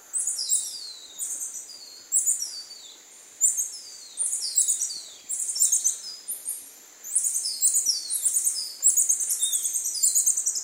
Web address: Natures Songs S America Primates of the Rainforest Black-mantle tamarin